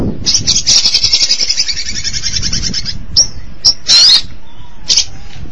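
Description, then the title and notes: Shrike song opening with a steady high rattling trill for about three seconds, followed by a few sharp, buzzy single notes. "Suara burung pentet"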